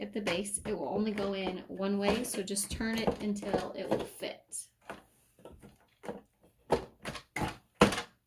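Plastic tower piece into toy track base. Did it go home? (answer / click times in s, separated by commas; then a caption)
yes / 7.4 s, 7.8 s. Someone talks while a blue plastic tower piece from a VTech Go! Go! Smart Wheels Ultimate Corkscrew toy track set is turned until it fits the base, followed by a few light plastic knocks as it is worked into position. It is then pushed down and clicks into place at 7.4 s and 7.8 s, and the piece is seated.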